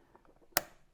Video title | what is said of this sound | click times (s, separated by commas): Range Rover L405 2013-2017 Headlamp Repair - Part 2 - Re-assembly | there you go so that's all clicked in now we'll put these | 0.6 s